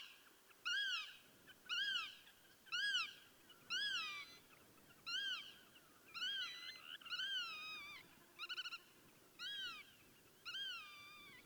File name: Piovanello Pancianera